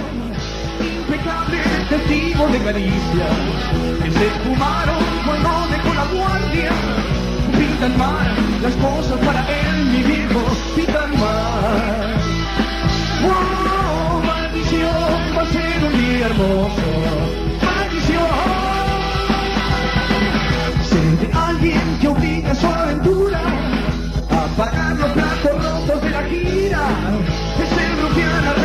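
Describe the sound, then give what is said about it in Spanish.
A recorded rock band song plays steadily at full volume, with dense guitars, a driving low end and a voice singing over the music throughout. “Obviamente esta no es la versión porque el audio de esa época era muy pobre, pero es el mismo doblete con el que cerraron.”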